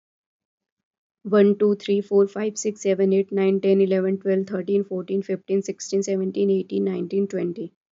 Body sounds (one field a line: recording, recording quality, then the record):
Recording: counting at a fast pace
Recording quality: excellent, no background noise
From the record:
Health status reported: respiratory illness, not identified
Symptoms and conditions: fever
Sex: female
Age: 25 years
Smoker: not ticked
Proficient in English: yes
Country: India